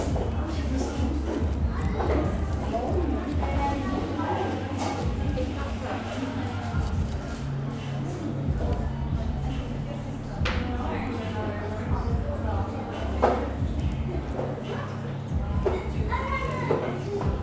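Lively chatter fills a busy seaside-town coffee shop, with many overlapping voices at a steady level throughout. A constant low hum runs underneath, and short bright clinks of cups break through now and then, notably around ten, thirteen and fifteen seconds.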